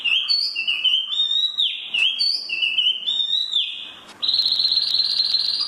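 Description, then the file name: Chinese hwamei delivering long, sustained whistled notes in two matching phrases, then switching to a higher, steady buzzy trill. "hwamei mini"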